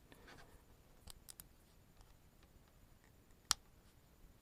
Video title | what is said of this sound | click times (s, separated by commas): SUCCESS! Solar panels are installed and the cabin is hard-wired into the system. | and you got to hear that little snap and that's when you know it's up in all the way | 3.5 s